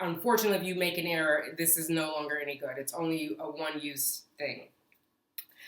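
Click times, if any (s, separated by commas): 5.4 s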